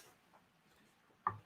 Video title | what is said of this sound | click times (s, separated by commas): Layered Stencils, Stamps and Dies - New Release Stamp and Chat Live | You can feel it kind of click in. | 1.3 s